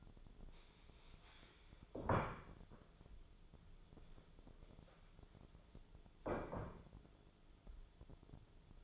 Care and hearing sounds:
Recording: daily activity, microphone in the room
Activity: stand up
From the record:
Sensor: 5

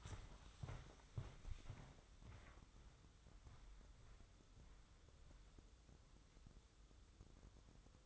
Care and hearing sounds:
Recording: daily activity, microphone in the room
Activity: walk to room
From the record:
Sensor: 3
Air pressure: 995.5 hPa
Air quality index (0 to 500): 84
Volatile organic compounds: 8 ppm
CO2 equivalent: 2053 ppm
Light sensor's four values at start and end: 26/78/33/28 and 27/81/34/29

